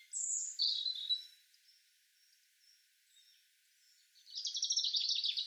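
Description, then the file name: European robin song: high, warbled notes, a pause, then a rapid trill. "Erithacus rubecula"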